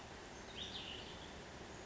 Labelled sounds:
Cassin's Vireo (Vireo cassinii)
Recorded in Sonoma County, California

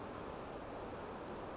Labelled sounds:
Song Sparrow (Melospiza melodia)
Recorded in Sonoma County, California

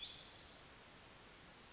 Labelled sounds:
Spotted Towhee (Pipilo maculatus)
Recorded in Sonoma County, California

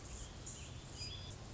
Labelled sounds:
Anna's Hummingbird (Calypte anna)
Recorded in Sonoma County, California

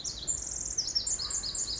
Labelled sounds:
Pacific Wren (Troglodytes pacificus)
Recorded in Sonoma County, California

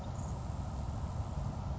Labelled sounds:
Grasshopper Sparrow (Ammodramus savannarum)
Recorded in Sonoma County, California

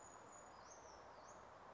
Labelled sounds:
Brown Creeper (Certhia americana)
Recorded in Sonoma County, California

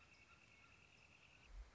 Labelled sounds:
Northern Flicker (Colaptes auratus)
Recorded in Sonoma County, California

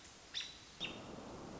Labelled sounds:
American Robin (Turdus migratorius)
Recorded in Sonoma County, California

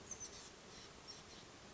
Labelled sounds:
Oak Titmouse (Baeolophus inornatus)
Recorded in Sonoma County, California

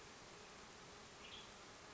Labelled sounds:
Western Tanager (Piranga ludoviciana)
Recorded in Sonoma County, California

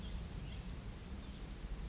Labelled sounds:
Oak Titmouse (Baeolophus inornatus)
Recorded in Sonoma County, California

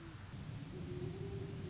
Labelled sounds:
Great Horned Owl (Bubo virginianus)
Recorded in Sonoma County, California

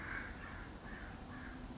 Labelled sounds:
California Towhee (Melozone crissalis)
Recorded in Sonoma County, California

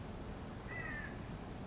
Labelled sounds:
California Quail (Callipepla californica)
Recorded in Sonoma County, California

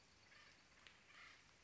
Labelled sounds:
Acorn Woodpecker (Melanerpes formicivorus)
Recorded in Sonoma County, California

